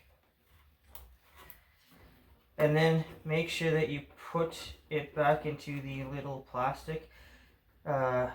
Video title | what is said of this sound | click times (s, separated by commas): Kenmore Elite (592-89087 01)dryer element replacement (DIY guide) | just push in you will hear a click | 1.0 s